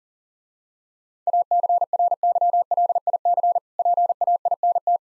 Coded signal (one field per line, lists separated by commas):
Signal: Morse code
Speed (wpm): 38 wpm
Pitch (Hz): 700 Hz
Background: none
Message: ACRYLIC PAINT